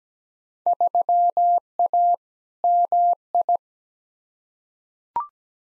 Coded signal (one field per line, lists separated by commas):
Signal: Morse code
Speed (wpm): 17 wpm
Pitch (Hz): 700 Hz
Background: none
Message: 3A MI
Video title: Field Day Exchange v2 - 17wpm